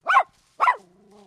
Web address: Sound Effects-Foundation 1 ANIMAL DOG POODLE MINIATURE BARK